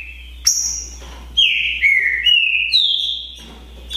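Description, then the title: Green-winged saltator singing clear, slurred whistles that step down then back up in pitch, with a high piercing note near the start and a low background hum. Song contest between two birds named Naval and Demolidor, 2022 season. "Esse É PERFEITO Para ESQUENTAR Seu TRINCA Piando, Cantando E Macheando Na DISPUTA. ISSO SIM!! É UMA DISPUTA DE TRINCA FERRO PERFEITA!! NAVAL VS DEMOLIDOR 2022! TEMPORADA 2022!"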